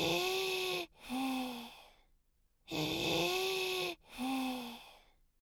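Two full breath cycles, each with a musical, whistling tone in both phases, slightly lower-pitched on the second phase. These are polyphonic wheezes, continuous musical sounds that point to narrowed airways, as in asthma or obstructive airway disease.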